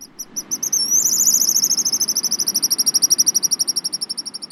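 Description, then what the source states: Pigeon guillemot giving very high, thin whistles: a few spaced notes, then a rising slur into a long rapid trill that runs to the end. Groups of black and white seabirds out on the water; soft melodic song.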